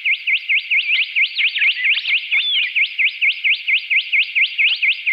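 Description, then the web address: Rufous whistler song: a fast, steady run of ringing, bouncing notes repeated throughout, with a brief overlapping whistle midway. Recorded in a garden in Canberra. "canberra-garden-birds whistlers-shrike-thrush rufous-whistler"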